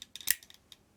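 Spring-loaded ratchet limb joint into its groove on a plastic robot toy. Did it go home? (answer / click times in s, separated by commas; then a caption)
yes / 0.3 s. A spring-loaded ratchet limb joint on a plastic transforming robot toy is pulled out slightly and let go, so it snaps into its groove. A few light ticks come before the loudest sharp snap at 0.3 s, when the joint seats, and one faint tick follows around 0.7 s.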